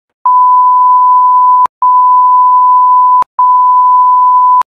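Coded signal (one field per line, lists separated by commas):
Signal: none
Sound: sound effect beeps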